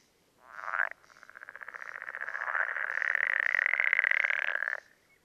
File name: life dviete. pelophylax lessonae